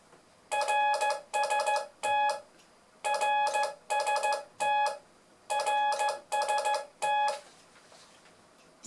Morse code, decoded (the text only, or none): RST RST RST